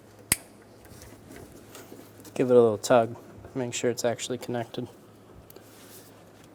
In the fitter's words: Connect the harness to the cam sensor. Push until you hear a click.